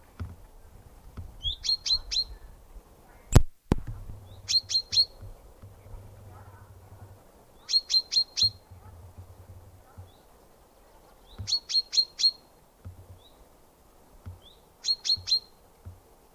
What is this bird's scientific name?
Fringilla coelebs